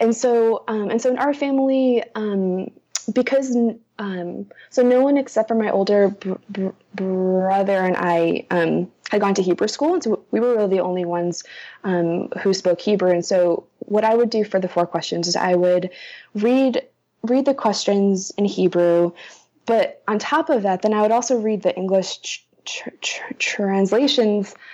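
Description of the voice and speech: An adult woman who stutters speaks mostly smoothly in a small room. She uses frequent "um" fillers, draws out and repeats the "b" in "brother", and repeats "read". These are mild stuttering disfluencies: a sound repetition with prolongation and a word repetition.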